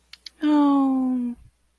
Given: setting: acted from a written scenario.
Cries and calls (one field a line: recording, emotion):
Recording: vocal sound without words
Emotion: sympathy